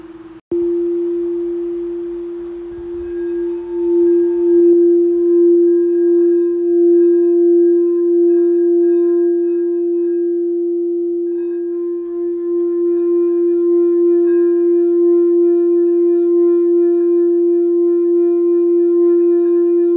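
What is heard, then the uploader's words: A sound bowl is struck once and rings out with a steady, pure low-mid hum and faint higher overtones that waver gently throughout. Small clip of my Sound Bowl Healing Session.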